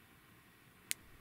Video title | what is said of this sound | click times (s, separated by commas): Laser XT Restoration | I'll just pull this piece up here until it clicks | 0.9 s